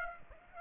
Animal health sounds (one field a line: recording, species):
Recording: mosquito wingbeat signal from an infrared sensor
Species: Aedes aegypti